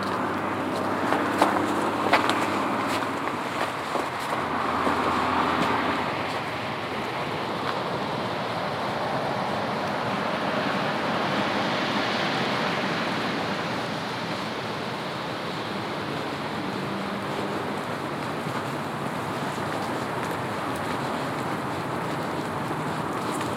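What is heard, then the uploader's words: Outdoors along a trail, a steady soft hiss fills the whole clip, with a car's low rushing sound swelling and fading around the middle. In the first six seconds, a few sharp ticks and light knocks break through, then the wash continues evenly. Falling Snow on the Shoreline Trail (Sandy Hansen Shoreline Orange Trail, Millennium Park). The quietness of snow while passing a few animals, hikers, and cars along the Sandy Hansen Shoreline Orange Trail.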